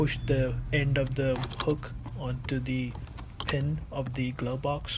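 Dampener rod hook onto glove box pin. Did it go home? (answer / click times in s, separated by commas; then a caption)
no / none. Someone talks while the end of the glove box dampener rod hook is gently pushed toward the pin on the plastic glove box of a 2011–2017 Honda Odyssey during a cabin air filter change. Faint handling noises sit under the speech. Nothing has seated or clicked yet.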